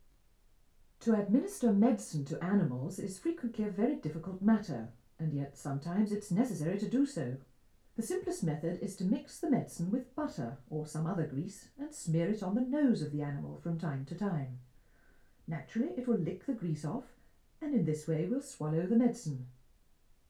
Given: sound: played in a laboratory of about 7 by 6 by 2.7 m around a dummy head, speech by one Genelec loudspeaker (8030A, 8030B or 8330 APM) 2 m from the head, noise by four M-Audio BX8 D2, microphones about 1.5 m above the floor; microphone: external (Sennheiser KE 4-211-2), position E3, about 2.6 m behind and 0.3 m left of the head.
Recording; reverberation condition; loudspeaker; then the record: female speech in English; low; 150 degrees to the left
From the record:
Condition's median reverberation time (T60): about 310 ms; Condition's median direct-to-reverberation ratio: about 3.5 dB